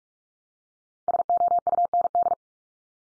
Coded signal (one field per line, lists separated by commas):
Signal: Morse code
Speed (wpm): 44 wpm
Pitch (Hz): 700 Hz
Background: none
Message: SOUND